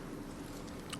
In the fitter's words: By the way, we've added this little clicking mechanism to pop the pen right out.